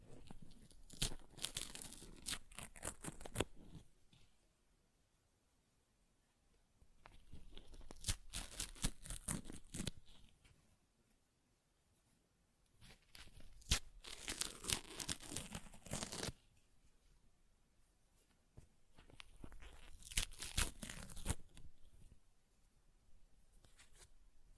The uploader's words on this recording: ASMR Paper Ripping Tearing Sounds (No Talking).